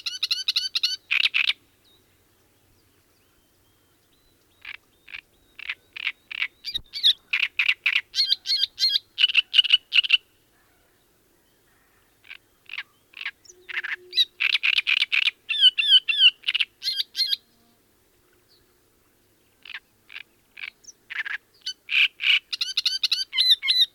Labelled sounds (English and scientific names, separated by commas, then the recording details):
Great Reed Warbler (Acrocephalus arundinaceus) song
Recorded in the wild
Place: Lütow, Insel Usedom, Mecklenburg-Vorpommern, DE
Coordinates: 54.032, 13.888
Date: 1975-06-13
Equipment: Nagra III BH, Sennheiser MD 21, parabola
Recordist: Schubert, Michael
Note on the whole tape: Gesang Drosselrohrsänger